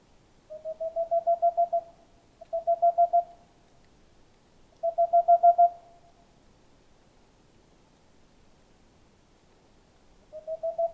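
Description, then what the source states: Boreal owl singing rapid trains of soft, even hoots, three series in close succession, then a long silent pause before another series starts at the end. Male singing near a nest hole in a tall dead tree amid forest, Haut-Diois, France, 15 April 2020, at night; recorded with Nagra LB, stereo omni microphones.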